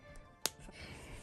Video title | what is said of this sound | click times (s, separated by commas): Amazing Idea How You Can Turn Only 1 Piece Of Fabric Into Something Stunning Beautiful/Sewing Idea | So everyone, after I sew the snap button in here, it's so awesome because it snapped right in. | 0.5 s